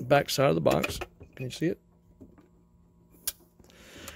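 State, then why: Seated. Someone talks as a clip connector is plugged into the back of a control box. After a quiet stretch, a sharp click at 3.3 s marks the plug seating, followed by faint handling noise. The connection is confirmed as seated with a good click.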